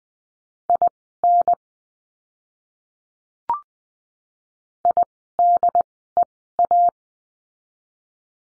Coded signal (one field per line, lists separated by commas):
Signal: Morse code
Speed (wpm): 20 wpm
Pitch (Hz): 700 Hz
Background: none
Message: IN IDEA